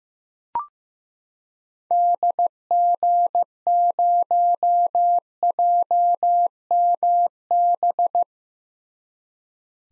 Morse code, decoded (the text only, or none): DG0JMB